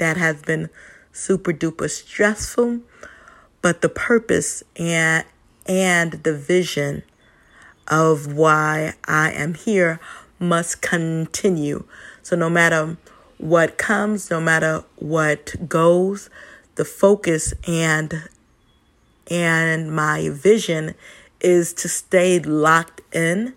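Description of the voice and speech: Adult woman speaking, a self-described stutterer who sometimes stumbles upon words. Stuttering with word repetitions and drawn-out sounds between pauses.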